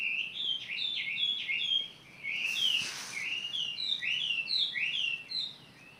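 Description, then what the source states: Bird song: quick bright warbling phrases, a short pause, then the warbling resumes in rapid slurred notes, briefly joined by a soft rushing noise. Recorded 18 April 2022.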